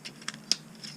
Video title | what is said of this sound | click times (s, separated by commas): Conversion Conversations: Transformers Legacy Velocitron Speedia 500 Collection | there we go it's it's kind of a soft click but it is a a noticeable detent there | 0.5 s